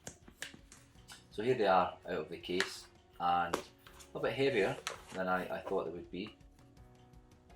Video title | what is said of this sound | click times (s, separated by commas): Apple AirPods Max Unboxing & Impressions: from an avid AirPods Pro user | this flap actually magnetically closes snaps into place so | 0.1 s, 0.4 s